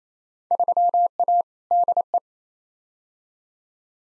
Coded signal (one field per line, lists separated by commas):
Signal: Morse code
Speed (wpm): 28 wpm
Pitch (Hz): 700 Hz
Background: none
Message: 3A DE